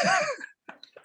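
A single loud, voiced, throat-clearing cough from an adult man with an upset stomach, followed by a couple of faint short sounds.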